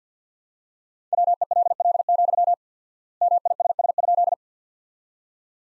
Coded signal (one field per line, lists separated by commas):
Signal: Morse code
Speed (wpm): 50 wpm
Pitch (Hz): 700 Hz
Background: none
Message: WELL, MISS?